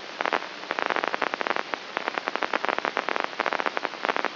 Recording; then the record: brain microelectrode recording played as sound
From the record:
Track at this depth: outside the subthalamic nucleus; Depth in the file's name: 6.44 mm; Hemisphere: right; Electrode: 3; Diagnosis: Parkinson's disease